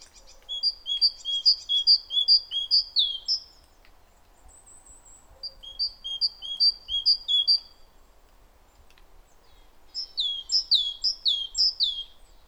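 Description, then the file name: Great tit song in three bursts of rapid, high repeated phrases separated by pauses; the last burst has downward-sweeping notes. "Parus major"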